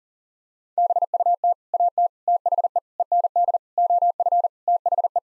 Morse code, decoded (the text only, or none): BUT AT THE END OF THE